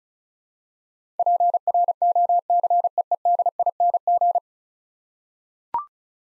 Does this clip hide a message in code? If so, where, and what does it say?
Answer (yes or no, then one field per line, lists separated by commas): yes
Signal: Morse code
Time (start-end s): 1.2-4.4 s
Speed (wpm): 36 wpm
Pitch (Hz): 700 Hz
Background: none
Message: PROCEEDING